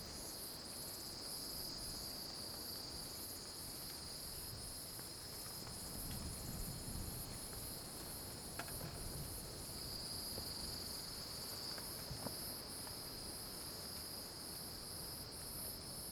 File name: Coro de cigarras estridente, depois começa a ventar nas arvores